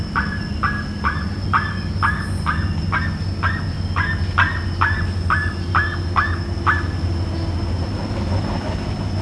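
Bird giving a rapid series of short hooked notes, roughly two per second for about seven seconds, over loud steady low background noise.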